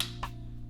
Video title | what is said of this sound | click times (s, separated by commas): FRAG HAUL # 4 - UNBOXING | Clicks into place. | 0.0 s